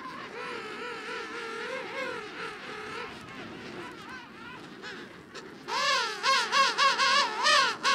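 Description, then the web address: King penguin trumpeting calls, wavering harmonic notes that rise and dip, over a background colony chorus; a loud, close series of warbling calls begins near the sixth second. Antarctica. "Antarctia Pinguins Koningspinguins"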